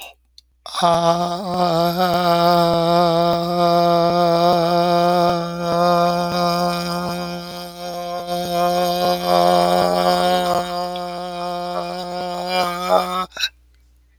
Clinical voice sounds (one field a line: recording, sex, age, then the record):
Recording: vowel held as long as possible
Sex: male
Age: 60 to 69 years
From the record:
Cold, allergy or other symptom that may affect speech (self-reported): no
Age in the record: 66 years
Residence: Alabama, United States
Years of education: 19